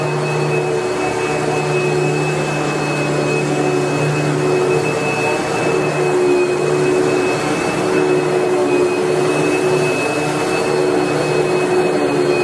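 A vacuum cleaner runs with a steady, dense roar and a constant whine, unchanging in level across the whole twelve seconds.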